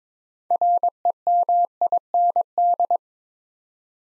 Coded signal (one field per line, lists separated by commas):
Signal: Morse code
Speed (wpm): 22 wpm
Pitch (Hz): 700 Hz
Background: none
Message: REMIND